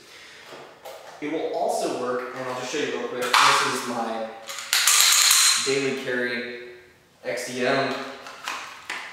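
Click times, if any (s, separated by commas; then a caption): 8.5 s. Someone talks while an XDM handgun is pushed into a CompTac Minotaur Gladiator hybrid leather-and-Kydex belt holster. A short, sharp snap at 8.5 s marks the moment the Kydex retention depression catches the pistol, and the gun is seated in the holster.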